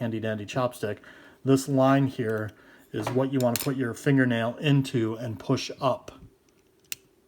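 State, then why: Seated. Someone talks, then a fingernail pushes up the small arrowed lever of the print mechanism on a 1982 Popy Gold Lightan (Print Lightan) diecast robot toy. The lever gives a single small, sharp click at 6.9 s, setting tension for the print function.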